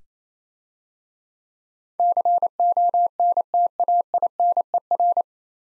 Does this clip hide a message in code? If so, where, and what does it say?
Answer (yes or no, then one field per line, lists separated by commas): yes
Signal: Morse code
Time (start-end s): 2.0-5.2 s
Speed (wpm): 27 wpm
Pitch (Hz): 700 Hz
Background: none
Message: CONTAINER